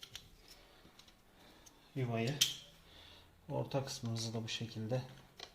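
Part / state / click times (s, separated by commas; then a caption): wall socket insert into flush wall box / not seated / none. The middle part of a loose wall power socket, a plastic insert with a metal mechanism, is being handled and pushed back toward its flush wall box, with short faint tick-like hits near 0.0, 0.2, 1.0 and 5.4 seconds while someone talks. Nothing has seated or clicked yet; the insert is not home by the end of the clip.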